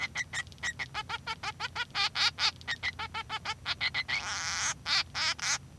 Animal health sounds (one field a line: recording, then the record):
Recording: song of a male Bengalese finch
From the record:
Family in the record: son of father 3